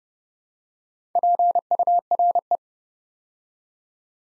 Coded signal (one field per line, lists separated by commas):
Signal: Morse code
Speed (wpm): 28 wpm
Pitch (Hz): 700 Hz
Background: none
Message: PURE